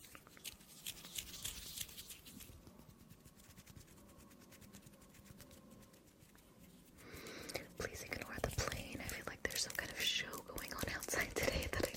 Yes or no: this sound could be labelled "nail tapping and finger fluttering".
yes